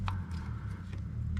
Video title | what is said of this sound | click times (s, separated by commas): Naked Gopro 8 build tutorial - Not an easy task at all | um yeah do you hear that click that was click absolute freedom | 0.1 s